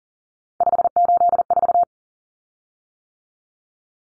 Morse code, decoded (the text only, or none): 584